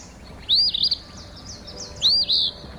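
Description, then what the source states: Eastern Phoebe song: two raspy, buzzy two-part phrases about a second and a half apart, over a quiet background. Raspy, name-saying song heard every spring over most of Canada and about half of the U.S.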